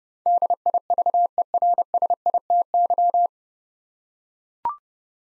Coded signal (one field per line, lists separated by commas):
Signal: Morse code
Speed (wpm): 30 wpm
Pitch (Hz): 700 Hz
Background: none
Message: DIVERSITY